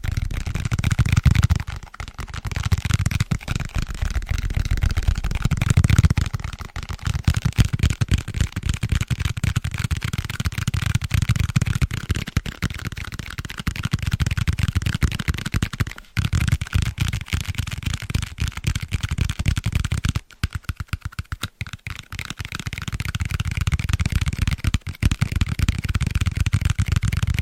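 Fast tapping on book spines, a dense run of crisp clicks and knocks that rarely lets up. The taps are bright and sharp, over a soft low thump that swells and fades every few seconds, with brief pauses near 2, 16 and 20 seconds.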